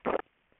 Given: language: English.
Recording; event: throat vibration sensor signal played as sound; swallow